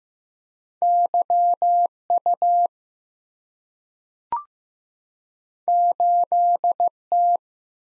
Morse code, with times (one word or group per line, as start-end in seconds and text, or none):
0.8-1.9 Y
2.1-2.7 U
5.7-6.9 8
7.1-7.4 T